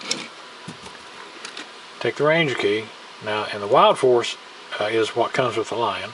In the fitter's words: push it until it clicks